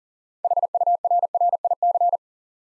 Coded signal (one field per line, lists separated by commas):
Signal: Morse code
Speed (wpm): 37 wpm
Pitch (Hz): 700 Hz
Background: none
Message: HURRIC